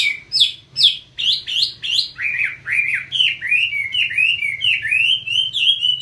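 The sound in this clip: Chinese hwamei song: loud, rapid whistled notes sweeping up and down, repeated roughly twice a second in a continuous rich phrase, over a faint low hum.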